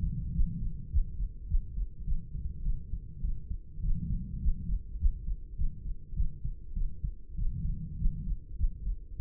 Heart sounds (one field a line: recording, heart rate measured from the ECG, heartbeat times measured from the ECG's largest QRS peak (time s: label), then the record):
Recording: heart sounds by stethoscope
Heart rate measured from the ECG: 102 bpm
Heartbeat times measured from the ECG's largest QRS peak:
0.32 s: heartbeat
0.90 s: heartbeat
1.47 s: heartbeat
2.04 s: heartbeat
2.62 s: heartbeat
3.21 s: heartbeat
3.80 s: heartbeat
4.40 s: heartbeat
4.98 s: heartbeat
5.55 s: heartbeat
6.14 s: heartbeat
6.73 s: heartbeat
7.35 s: heartbeat
7.97 s: heartbeat
8.56 s: heartbeat
9.16 s: heartbeat
From the record:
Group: healthy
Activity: rest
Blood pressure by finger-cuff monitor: 130/67 mmHg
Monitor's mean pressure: 85 mmHg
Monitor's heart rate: 103 bpm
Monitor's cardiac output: 8.7 L/min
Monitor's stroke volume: 86 mL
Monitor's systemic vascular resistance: 720 dyn s/cm5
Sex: female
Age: 26 years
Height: 165 cm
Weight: 55 kg